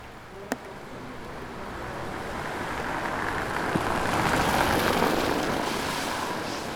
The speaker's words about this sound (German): Es tröpfelt.